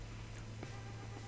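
A RAM module is pressed into its motherboard DIMM slot until the retaining clip at the top closes. A single sharp click is heard at 0.6 s over a steady low hum, and the module is seated with the lever shut.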